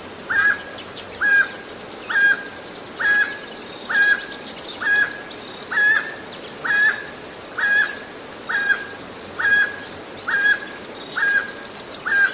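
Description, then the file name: Emerald toucanet giving a long run of gruff, barking croaks, evenly spaced just under a second apart, with constant insect buzzing behind. "Canto do tucaninho verde"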